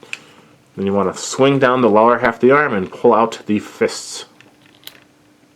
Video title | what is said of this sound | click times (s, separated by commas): Transformers Generations Divebomb | same thing on the other side pull it out because it does clip in there | 0.1 s